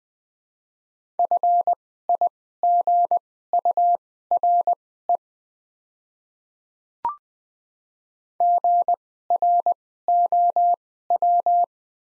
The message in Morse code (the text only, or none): FIGURE GROW